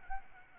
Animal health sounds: mosquito wingbeat signal from an infrared sensor; Aedes albopictus

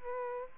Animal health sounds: mosquito wingbeat signal from an infrared sensor; Aedes aegypti

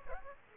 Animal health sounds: mosquito wingbeat signal from an infrared sensor; Aedes aegypti

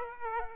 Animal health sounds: mosquito wingbeat signal from an infrared sensor; Aedes aegypti

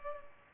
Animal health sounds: mosquito wingbeat signal from an infrared sensor; Culex pipiens

